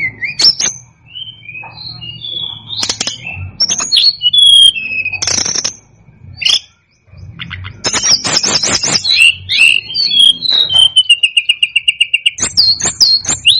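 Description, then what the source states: Tledekan gunung song: high whistled notes and quick slurred phrases mixed with sharp clicking bursts, a short pause midway, then a fast run of rapid repeated ticks. Master recording used for training cage birds; Indonesian local names Tledekan gunung and Sikatan gunung.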